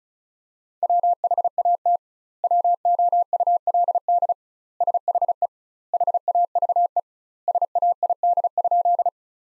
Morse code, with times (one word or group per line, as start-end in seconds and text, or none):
0.8-2.0 WHAT
2.4-4.3 WOULD
4.8-5.5 SHE
5.9-7.0 HAVE
7.5-9.1 SAID?